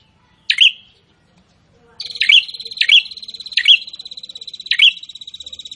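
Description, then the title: Prinia giving one sharp note, then a continuous buzzy trill punctuated by sharp high notes. Prinia singing continuously (prenjak gacor), presented to make listeners' own prinias more aggressive and vocal. "Prenjak gacor ISTIMEWA bikin prenjak ANDA semakin GANAS dan GACOR"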